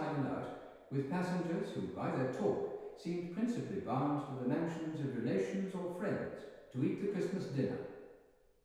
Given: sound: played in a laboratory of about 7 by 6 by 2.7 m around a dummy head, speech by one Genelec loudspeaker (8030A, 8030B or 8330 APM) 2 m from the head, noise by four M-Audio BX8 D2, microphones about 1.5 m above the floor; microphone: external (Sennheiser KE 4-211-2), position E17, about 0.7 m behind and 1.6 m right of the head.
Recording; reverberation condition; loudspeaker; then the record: male speech in English; high; in front (0 degrees)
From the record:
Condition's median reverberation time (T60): about 1300 ms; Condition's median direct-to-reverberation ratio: about -4.0 dB